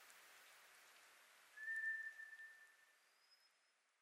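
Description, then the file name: White's thrush song: a single long, level whistle fading out, followed by a fainter, higher thin whistle, with a speckled hiss in the background. Recorded on 24 April 2010; Japanese name toratugumi. "toratugumi-20100424"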